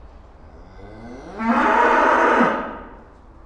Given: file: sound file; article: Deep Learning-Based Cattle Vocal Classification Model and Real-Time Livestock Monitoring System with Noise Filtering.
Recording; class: cattle; food anticipating call